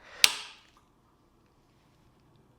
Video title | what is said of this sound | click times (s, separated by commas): 이바이크 브레이크 끼익 소리? 사포로 해결했어요 (진짜 됩니다) | Because I heard a click noise, probably you guys heard it too. | 0.2 s